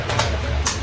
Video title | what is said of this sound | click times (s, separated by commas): CANON M50 UNBOXING - BEST YOUTUBE CAMERA - AMAZON CAMERA BUNDLE 2020 - ZAYTIMETV | hear that click noise? You hear that click noise? | 0.7 s